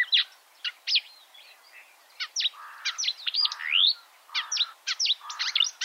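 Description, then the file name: Marsh warbler song, scattered sharp chips and a rising whistled slur among fast chattering notes, with brief pauses. "suara-kicauan-burung-marsh-warbler -omkicau"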